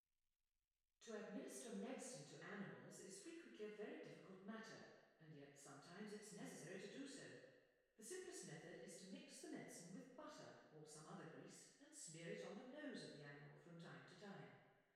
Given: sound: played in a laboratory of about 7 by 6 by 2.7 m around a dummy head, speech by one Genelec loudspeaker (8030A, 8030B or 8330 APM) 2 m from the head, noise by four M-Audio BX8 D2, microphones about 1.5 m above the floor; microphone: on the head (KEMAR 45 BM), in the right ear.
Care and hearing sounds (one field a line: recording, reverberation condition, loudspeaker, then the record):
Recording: female speech in English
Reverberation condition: high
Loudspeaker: 60 degrees to the left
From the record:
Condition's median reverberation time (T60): about 1300 ms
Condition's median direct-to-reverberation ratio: about -4.0 dB